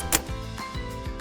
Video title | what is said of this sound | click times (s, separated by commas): Joie verso™ Car Seat Installation - Group 0+/1/2/3 Car Seat | there should be an audible click and both indicators should be green indicating proper placement | 0.2 s